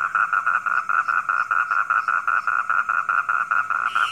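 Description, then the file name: Frog giving rhythmic croaks, rapid evenly spaced pulses repeating steadily with little else audible. Calling at night. "suara kodok di malam hari"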